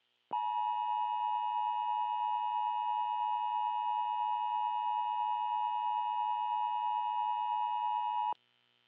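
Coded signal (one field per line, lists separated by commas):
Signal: Emergency Alert System (SAME) tones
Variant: 853 and 960 Hz attention tone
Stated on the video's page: Fictional EAS alert about an attack on London.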